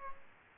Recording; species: mosquito wingbeat signal from an infrared sensor; Aedes aegypti